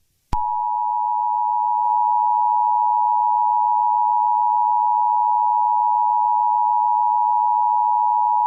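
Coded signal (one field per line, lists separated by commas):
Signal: Emergency Alert System (SAME) tones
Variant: 853 and 960 Hz attention tone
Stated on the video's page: Fictional EAS scenario, not a real alert.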